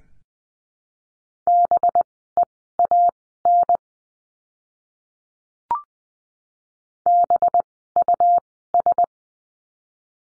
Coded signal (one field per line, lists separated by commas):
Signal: Morse code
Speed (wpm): 20 wpm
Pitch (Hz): 700 Hz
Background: none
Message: BEAN BUS